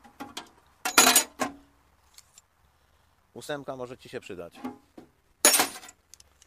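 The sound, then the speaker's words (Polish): Standard metal wrenches, including a 19 and a 12, clank and clatter as they're dropped together into a set being packed for someone, two loud, bright jangling bursts with a stretch of a man speaking in between. “To standardowe klucze, więc ci wrzucam.”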